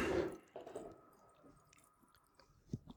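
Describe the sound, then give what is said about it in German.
A wine glass is rinsed with water between wine tastings: a brief splash of water swirls in the glass, followed by soft, scattered drips and little wet sounds, all fairly quiet, with no one talking. “Also ich mache jetzt nochmal eine Zwischenspülung.”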